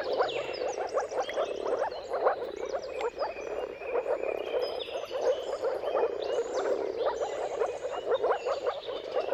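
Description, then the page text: Moor frog mating chorus, soft repeated pulsed calls blending into a steady gurgle, with a dawn mix of bird song. Chorus of mating calls of moor frogs at sunrise, at the turn of March and April depending on the weather, recorded by Jakub Orzecki. "Jakub-Orzecki moor frogs. Dawn’s Chorus: Mating Calls of Marsh Frogs at Sunrise. Depending on the weather at the turn of March and April, you can witness an amazing spectacle of moor frogs"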